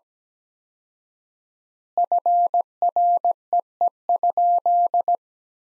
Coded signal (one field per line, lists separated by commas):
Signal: Morse code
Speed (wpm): 17 wpm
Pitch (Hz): 700 Hz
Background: none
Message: FREE?